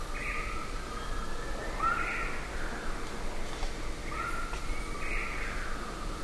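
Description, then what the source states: Short-tailed nighthawk calling twice: soft, slightly rising whistled notes a few seconds apart over constant low background noise. South America.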